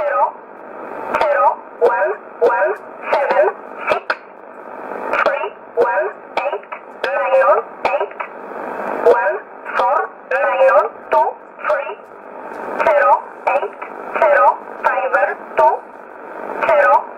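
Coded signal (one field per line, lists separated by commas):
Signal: numbers station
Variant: E11 Oblique, English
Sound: a voice reading short single words at a steady pace over narrow radio audio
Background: radio static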